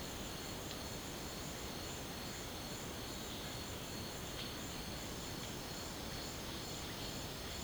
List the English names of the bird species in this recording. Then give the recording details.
none. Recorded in secondary vegetation near Puerto Asís, Putumayo, Colombia, on 18 February 2024 at 17:30. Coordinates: 0.472, -76.331. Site G6371